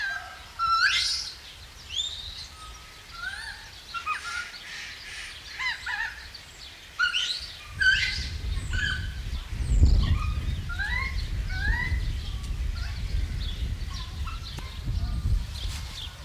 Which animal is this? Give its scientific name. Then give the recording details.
Macaca fuscata. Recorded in captivity. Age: juvenile. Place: Zoo Berlin, Berlin, DE. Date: 1994-01-15 10:35. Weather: wechselnd wolkig, +5 °C. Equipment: Marantz CP 430, Sennheiser MKH 416 T, Kopie Uher Variocord 263. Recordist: Tembrock, Günter